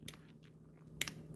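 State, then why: Seated. A nail drill bit, inserted about halfway into an electric nail drill handpiece, has its collar twisted to the right with faint scraping and small ticks. At 1.0 s a sharp, short click rings out as the bit locks and seats in the handpiece.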